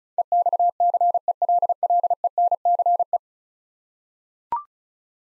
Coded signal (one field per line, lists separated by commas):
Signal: Morse code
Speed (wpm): 36 wpm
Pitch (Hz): 700 Hz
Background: none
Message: EXCELLENCE